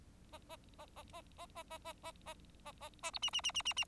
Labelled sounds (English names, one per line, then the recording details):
Bengalese Finch song
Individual Bird4